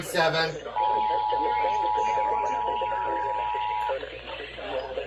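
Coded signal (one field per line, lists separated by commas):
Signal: Emergency Alert System (SAME) tones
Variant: 853 and 960 Hz attention tone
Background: speech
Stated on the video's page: EAS alert tests.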